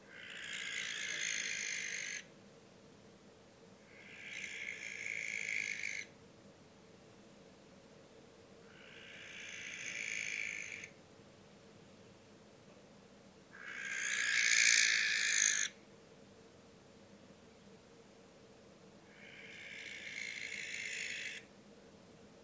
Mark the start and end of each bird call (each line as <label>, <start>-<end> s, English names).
Western Barn Owl, 0.00-2.27 s
Western Barn Owl, 3.84-6.16 s
Western Barn Owl, 8.55-10.95 s
Western Barn Owl, 13.51-15.78 s
Western Barn Owl, 19.08-21.50 s